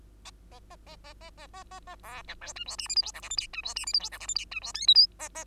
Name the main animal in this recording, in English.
Bengalese Finch